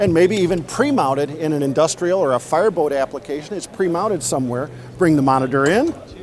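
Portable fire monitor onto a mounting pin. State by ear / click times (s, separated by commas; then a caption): not seated / none. A portable fire monitor is brought toward a pre-mounted mounting pin while someone talks throughout. The clip ends before the monitor reaches the pin, so nothing has seated or clicked yet.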